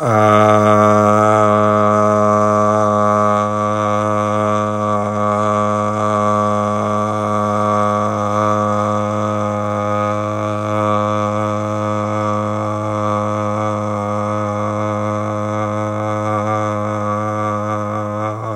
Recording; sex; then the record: sustained vowel /a/; male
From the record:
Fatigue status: fatigue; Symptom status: symptomatic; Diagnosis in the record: COVID-19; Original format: m4a